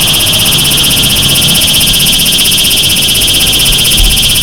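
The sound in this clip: Cicada song, a loud sustained high buzz pulsing rapidly and evenly, with low background rumble.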